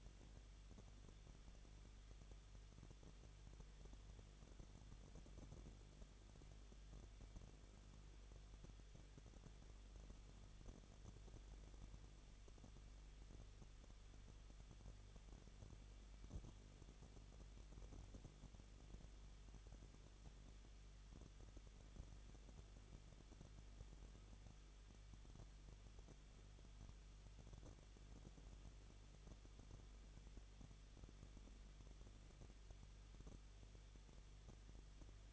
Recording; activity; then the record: daily activity, microphone in the room; no activity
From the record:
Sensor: 4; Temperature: 23.0 degrees Celsius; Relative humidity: 34.3%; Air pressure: 1007.3 hPa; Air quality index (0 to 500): 217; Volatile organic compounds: 15 ppm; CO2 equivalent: 2521 ppm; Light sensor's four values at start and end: 2/3/1/1 and 2/3/1/1